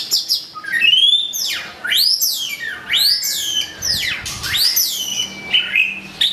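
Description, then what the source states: White-rumped shama singing looping whistles that rise and fall in wide sweeps, roughly one phrase per second, bright and clear. Masteran training song of white-rumped shama (murai batu) for cage birds.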